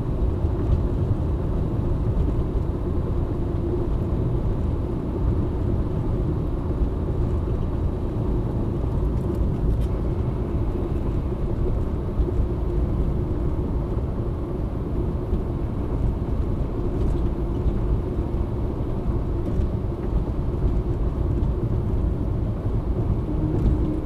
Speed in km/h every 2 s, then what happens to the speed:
87, 87, 88, 88, 88, 88, 88, 86, 86, 86, 86, 85.
0-24 steady at about 87.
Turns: none.